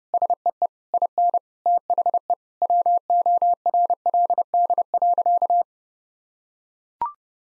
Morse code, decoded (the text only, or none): SEE IN THE WORLD.